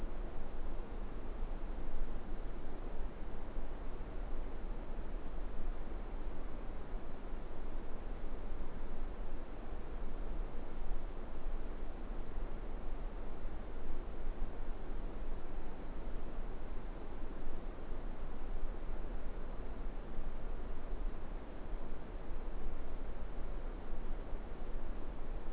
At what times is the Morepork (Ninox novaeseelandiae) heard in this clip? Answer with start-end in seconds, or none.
none